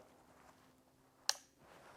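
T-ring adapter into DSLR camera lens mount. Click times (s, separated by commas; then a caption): 1.3 s. A T-ring adapter is twisted onto the lens mount of a DSLR camera body until it locks. Against a quiet background, a single sharp, firm click sounds at 1.3 s, and the adapter is seated solidly on the camera.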